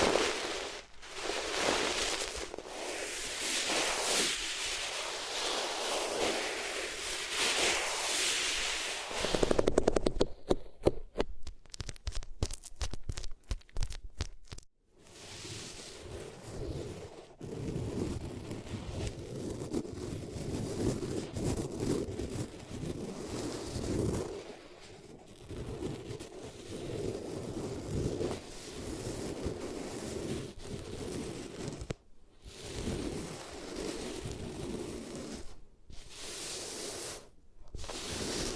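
Ears rubbed on different materials: a dense hissing scrape for ten seconds, then rapid choppy strokes, then softer steady rubbing with brief pauses.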